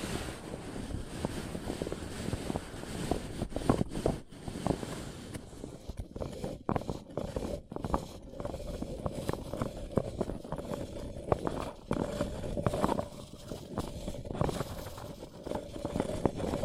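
A paper cup is handled with continuous rustling and scraping over a low, rumbling undertone. After about four seconds, sharp taps and crinkles become frequent and irregular, and a faint steady hum runs beneath them from around six seconds to the end.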